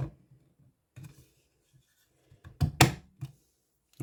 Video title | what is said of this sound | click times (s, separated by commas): Kiwi Designs SPC Strap and RGB Vertical Stand Review - Quest 3 | bottom we go nice click and | 2.8 s